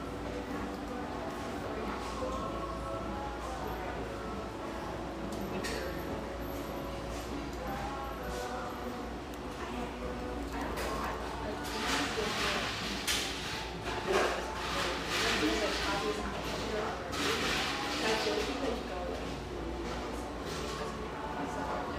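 A coffeehouse in Hazelwood, Portland, fills with a steady murmur of overlapping voices and chatter, with soft radio music running underneath. From about twelve seconds on, sharper clinks and clatters of cups and dishes come more often, and the whole scene grows slightly louder.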